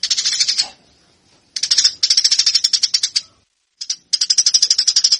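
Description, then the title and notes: Eurasian tree sparrow giving buzzy, rattling chatter in several short bursts separated by brief pauses. Fighting call; master track used for training birds. "MASTER GEREJA TARUNG. burung gereja"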